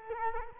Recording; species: mosquito wingbeat signal from an infrared sensor; Culex quinquefasciatus